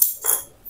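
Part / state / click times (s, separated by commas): plastic part into water dispenser housing / not seated / none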